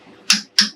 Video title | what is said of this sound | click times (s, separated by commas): I've Had Enough ... I quit! | there we go so you guys heard that click right that means that the torque wrench made its torque | 0.3 s, 0.6 s